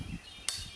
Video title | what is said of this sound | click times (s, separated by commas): TrimLine Setup - Part 2 | until you hear a click | 0.5 s